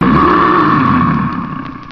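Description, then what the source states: Tiger roar: a loud, sustained, harsh roar lasting about two seconds, gradually fading toward the end. Fierce roaring.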